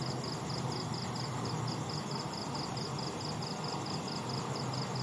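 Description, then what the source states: Crickets giving an even, high pulsed chirping against a continuous low hum of machinery. Night insects recorded at night in Vietnam, with distant industrial construction.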